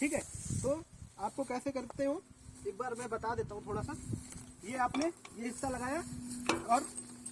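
A fire hose coupling is handled at a hydrant outlet as it is fitted on, before it is pushed home for the lugs to grip and lock it. Someone talks throughout, with a brief sharp sound near the end. The coupling has not seated or clicked yet.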